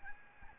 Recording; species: mosquito wingbeat signal from an infrared sensor; Aedes albopictus